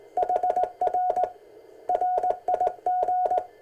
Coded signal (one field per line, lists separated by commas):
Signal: Morse code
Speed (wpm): 19 wpm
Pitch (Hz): 730 Hz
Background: none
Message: HR RIG